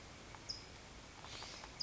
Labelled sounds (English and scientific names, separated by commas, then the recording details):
California Towhee (Melozone crissalis)
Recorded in Sonoma County, California